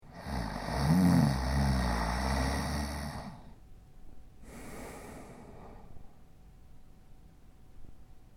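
A loud, low, rattling snore from an adult male lasts about three seconds on the in-breath. It is followed by a softer, breathy out-breath and a quiet pause.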